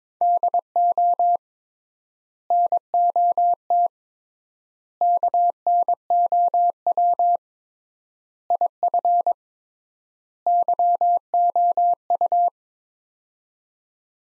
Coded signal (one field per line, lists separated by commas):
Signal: Morse code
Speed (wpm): 22 wpm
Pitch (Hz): 700 Hz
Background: none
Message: DO NOT KNOW IF YOU